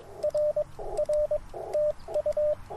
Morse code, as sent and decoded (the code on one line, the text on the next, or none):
.-. / .-. / - ..-
R R TU